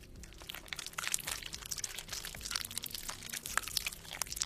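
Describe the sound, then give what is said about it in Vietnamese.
A man chews something with wet, crunchy sounds, a continuous run of irregular crackling bites and crunches at a steady moderate loudness, with no voices. “Cơ miệng của ông bắt đầu di chuyển, âm thanh phát ra rồn rột, tựa như đang nhai cái gì.”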